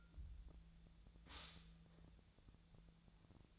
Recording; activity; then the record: daily activity, microphone in the room; stop toaster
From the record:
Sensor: 3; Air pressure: 1009.4 hPa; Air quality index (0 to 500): 197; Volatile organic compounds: 16 ppm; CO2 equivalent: 2559 ppm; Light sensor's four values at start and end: 32/82/34/37 and 32/82/34/37